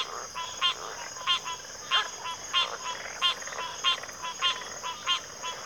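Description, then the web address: Crickets trill continuously at a high pitch as bright pulsed calls recur steadily, about one and a half per second. Chorus of crickets in a backwater. "WLL Grade 1-12 Pre-Uni Library Enter Natures Songs Sleep Sounds of Nature CRICKETS Backwater Chorus"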